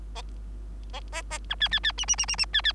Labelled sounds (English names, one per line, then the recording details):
Bengalese Finch song
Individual Bird3